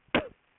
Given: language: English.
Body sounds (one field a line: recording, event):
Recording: throat vibration sensor signal played as sound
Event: cough